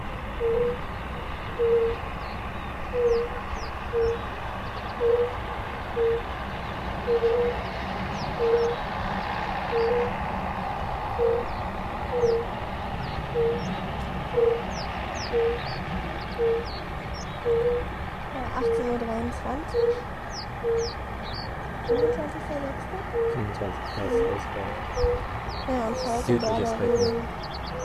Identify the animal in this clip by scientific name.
Bombina bombina